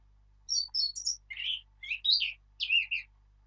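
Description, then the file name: Eurasian blackcap song: a few high thin notes leading into louder, rich warbled and whistled phrases. "Sylvia atricapilla"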